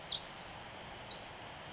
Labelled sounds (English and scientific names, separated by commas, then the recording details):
Pacific Wren (Troglodytes pacificus)
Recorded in Sonoma County, California